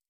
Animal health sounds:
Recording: hydrophone in a shrimp aquaculture tank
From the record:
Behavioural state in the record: stressed

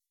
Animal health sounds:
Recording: hydrophone in a shrimp aquaculture tank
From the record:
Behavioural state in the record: weakened

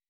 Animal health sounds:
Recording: hydrophone in a shrimp aquaculture tank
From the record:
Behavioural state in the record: weakened

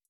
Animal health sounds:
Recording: hydrophone in a shrimp aquaculture tank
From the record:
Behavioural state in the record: feeding

